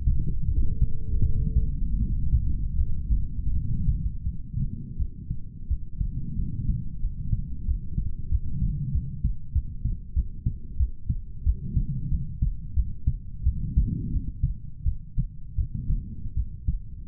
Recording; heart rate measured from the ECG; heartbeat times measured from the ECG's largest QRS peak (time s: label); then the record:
heart sounds by stethoscope; 87 bpm
0.45 s: heartbeat
1.21 s: heartbeat
1.97 s: heartbeat
2.76 s: heartbeat
3.53 s: heartbeat
4.23 s: heartbeat
4.97 s: heartbeat
5.67 s: heartbeat
6.36 s: heartbeat
7.00 s: heartbeat
7.65 s: heartbeat
8.29 s: heartbeat
8.91 s: heartbeat
9.52 s: heartbeat
10.13 s: heartbeat
10.77 s: heartbeat
11.43 s: heartbeat
12.09 s: heartbeat
12.74 s: heartbeat
13.43 s: heartbeat
14.10 s: heartbeat
14.83 s: heartbeat
15.55 s: heartbeat
16.34 s: heartbeat
From the record:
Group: healthy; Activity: rest 0-2 s, cold pressor test 2-17 s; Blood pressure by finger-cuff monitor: 90/67 mmHg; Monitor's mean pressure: 74 mmHg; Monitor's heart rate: 87 bpm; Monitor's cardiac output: 6.7 L/min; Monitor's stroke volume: 75 mL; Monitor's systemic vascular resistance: 710 dyn s/cm5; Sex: male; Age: 20 years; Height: 187 cm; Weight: 68.9 kg